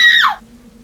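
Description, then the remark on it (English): A woman lets out a single short, high-pitched scream of fright after hearing wolves howling; the scream slides downward in pitch and cuts off abruptly, leaving a low hum behind. “Janet is very scared. She screams.”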